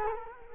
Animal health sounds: mosquito wingbeat signal from an infrared sensor; Culex quinquefasciatus

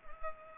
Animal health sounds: mosquito wingbeat signal from an infrared sensor; Culex pipiens

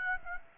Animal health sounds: mosquito wingbeat signal from an infrared sensor; Aedes aegypti

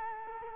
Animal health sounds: mosquito wingbeat signal from an infrared sensor; Culex quinquefasciatus

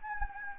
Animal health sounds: mosquito wingbeat signal from an infrared sensor; Anopheles gambiae

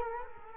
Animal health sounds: mosquito wingbeat signal from an infrared sensor; Culex quinquefasciatus

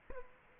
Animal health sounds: mosquito wingbeat signal from an infrared sensor; Culex quinquefasciatus

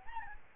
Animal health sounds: mosquito wingbeat signal from an infrared sensor; Aedes albopictus

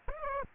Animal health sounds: mosquito wingbeat signal from an infrared sensor; Aedes aegypti

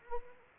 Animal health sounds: mosquito wingbeat signal from an infrared sensor; Anopheles arabiensis

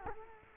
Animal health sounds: mosquito wingbeat signal from an infrared sensor; Culex quinquefasciatus

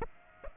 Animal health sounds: mosquito wingbeat signal from an infrared sensor; Aedes aegypti

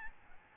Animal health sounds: mosquito wingbeat signal from an infrared sensor; Aedes albopictus

